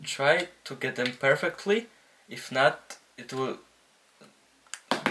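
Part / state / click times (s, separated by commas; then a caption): wireless earbud into its charging case / seated / 4.9 s. A plastic Beats Studio Buds wireless earbud, hard to line up, is dropped into its charging case while someone talks. Once placed, the strong magnets pull it in with a sharp snap at 4.9 s, and the earbud seats in the case.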